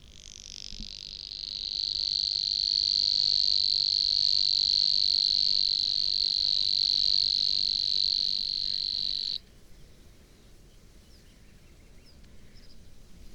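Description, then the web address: Savi's warbler song: a long, steady, high buzzing reel that swells in over the first two seconds, holds for about eight seconds, then stops abruptly into quiet background. "chant didier collin locustelle luscinioide"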